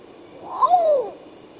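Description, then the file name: Long-tailed potoo song: one mournful note, briefly rising before gliding down in a hoarse wail, over a faint constant high-pitched background hum. "canto do urutau pardo"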